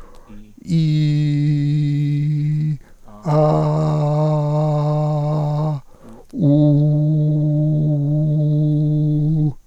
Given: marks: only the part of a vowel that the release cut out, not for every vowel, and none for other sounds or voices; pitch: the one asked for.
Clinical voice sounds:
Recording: sustained vowels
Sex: male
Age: 60 to 69 years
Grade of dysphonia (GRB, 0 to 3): 2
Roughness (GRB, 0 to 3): 0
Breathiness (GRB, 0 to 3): 2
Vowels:
0.81-2.43 s: vowel /i/, low pitch
3.35-5.31 s: vowel /a/, low pitch
7.19-9.09 s: vowel /u/, low pitch
From the record:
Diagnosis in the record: recurrent laryngeal nerve paralysis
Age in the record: 65 years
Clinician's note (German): Nur noch diskret hinten

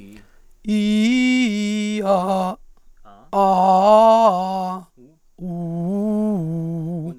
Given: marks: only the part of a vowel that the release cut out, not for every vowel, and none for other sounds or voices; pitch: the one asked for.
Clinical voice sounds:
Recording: sustained vowels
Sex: female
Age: 30 to 39 years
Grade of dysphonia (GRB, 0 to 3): 2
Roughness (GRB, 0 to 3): 2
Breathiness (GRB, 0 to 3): 2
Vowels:
0.69-1.85 s: vowel /i/, low-high-low pitch
3.36-4.73 s: vowel /a/, low-high-low pitch
5.41-6.95 s: vowel /u/, low-high-low pitch
From the record:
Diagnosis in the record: hyperfunctional dysphonia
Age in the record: 38 years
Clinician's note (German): Ausgeprägte Gesangsstimme

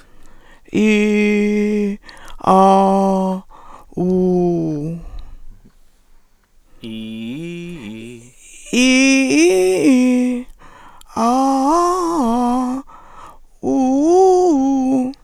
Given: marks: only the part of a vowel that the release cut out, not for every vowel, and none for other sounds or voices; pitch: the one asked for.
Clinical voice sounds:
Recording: sustained vowels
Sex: female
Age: 60 to 69 years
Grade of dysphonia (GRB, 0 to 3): 2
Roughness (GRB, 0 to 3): 2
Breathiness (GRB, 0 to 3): 1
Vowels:
0.83-1.83 s: vowel /i/, low pitch
2.55-3.31 s: vowel /a/, low pitch
4.04-4.88 s: vowel /u/, low pitch
8.84-10.25 s: vowel /i/, low-high-low pitch
11.26-12.73 s: vowel /a/, low-high-low pitch
13.74-14.98 s: vowel /u/, low-high-low pitch
From the record:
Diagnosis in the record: recurrent laryngeal nerve paralysis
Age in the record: 68 years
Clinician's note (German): Ältere rechts mit guter Kompensation

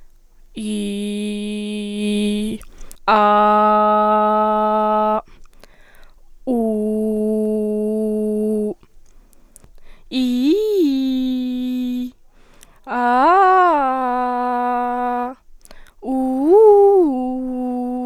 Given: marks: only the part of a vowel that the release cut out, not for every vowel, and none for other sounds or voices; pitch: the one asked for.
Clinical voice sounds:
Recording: sustained vowels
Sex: female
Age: 18 to 19 years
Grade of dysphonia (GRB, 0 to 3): 0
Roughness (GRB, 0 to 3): 0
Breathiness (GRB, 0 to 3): 0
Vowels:
0.86-1.99 s: vowel /i/, low pitch
3.87-5.09 s: vowel /a/, low pitch
6.68-8.55 s: vowel /u/, low pitch
10.61-11.26 s: vowel /i/, low-high-low pitch
13.10-14.14 s: vowel /a/, low-high-low pitch
16.28-17.55 s: vowel /u/, low-high-low pitch
From the record:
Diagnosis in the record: healthy voice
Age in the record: 19 years

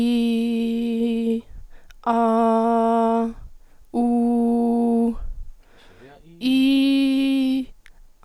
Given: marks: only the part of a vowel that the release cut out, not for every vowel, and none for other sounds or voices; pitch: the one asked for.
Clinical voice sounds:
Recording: sustained vowels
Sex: female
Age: 20 to 29 years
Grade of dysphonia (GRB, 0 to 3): 2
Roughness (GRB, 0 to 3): 0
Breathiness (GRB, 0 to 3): 0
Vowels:
0.00-1.24 s: vowel /i/, normal pitch
2.15-3.03 s: vowel /a/, normal pitch
4.06-4.94 s: vowel /u/, normal pitch
6.56-7.50 s: vowel /i/, high pitch
From the record:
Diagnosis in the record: healthy voice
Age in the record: 20 years

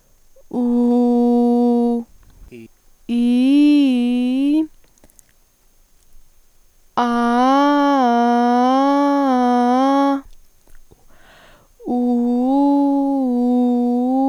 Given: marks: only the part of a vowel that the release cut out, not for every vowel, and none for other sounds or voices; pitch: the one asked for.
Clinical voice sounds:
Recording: sustained vowels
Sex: female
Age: 18 to 19 years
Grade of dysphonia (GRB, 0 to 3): 0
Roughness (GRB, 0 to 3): 0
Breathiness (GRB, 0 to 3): 0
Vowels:
0.70-1.92 s: vowel /u/, low pitch
3.23-4.51 s: vowel /i/, low-high-low pitch
7.08-8.57 s: vowel /a/, low-high-low pitch
12.06-13.81 s: vowel /u/, low-high-low pitch
From the record:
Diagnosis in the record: healthy voice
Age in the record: 19 years

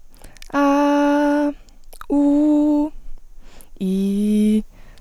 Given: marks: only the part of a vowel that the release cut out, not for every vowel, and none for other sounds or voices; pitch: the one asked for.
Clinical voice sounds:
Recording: sustained vowels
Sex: female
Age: 20 to 29 years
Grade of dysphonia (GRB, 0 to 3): 0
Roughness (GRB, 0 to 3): 0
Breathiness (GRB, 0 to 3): 0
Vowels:
0.62-1.41 s: vowel /a/, high pitch
2.20-2.75 s: vowel /u/, high pitch
3.87-4.51 s: vowel /i/, low pitch
From the record:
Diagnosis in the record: healthy voice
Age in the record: 20 years

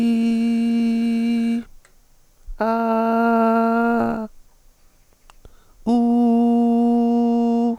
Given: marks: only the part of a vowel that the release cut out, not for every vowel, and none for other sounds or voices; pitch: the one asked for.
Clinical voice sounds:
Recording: sustained vowels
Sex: female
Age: 50 to 59 years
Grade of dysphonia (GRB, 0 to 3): 0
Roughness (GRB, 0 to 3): 0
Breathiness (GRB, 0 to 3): 0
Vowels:
0.00-1.45 s: vowel /i/, normal pitch
2.78-3.85 s: vowel /a/, normal pitch
6.05-7.63 s: vowel /u/, normal pitch
From the record:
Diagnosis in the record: healthy voice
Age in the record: 50 years

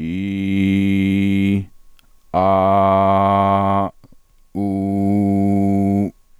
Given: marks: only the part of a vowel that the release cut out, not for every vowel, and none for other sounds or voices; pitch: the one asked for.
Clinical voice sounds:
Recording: sustained vowels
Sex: male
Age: 40 to 49 years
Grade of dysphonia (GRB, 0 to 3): 0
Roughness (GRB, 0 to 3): 0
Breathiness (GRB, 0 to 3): 0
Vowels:
0.44-1.52 s: vowel /i/, low pitch
2.42-3.62 s: vowel /a/, low pitch
4.95-6.01 s: vowel /u/, low pitch
From the record:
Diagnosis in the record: healthy voice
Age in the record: 45 years

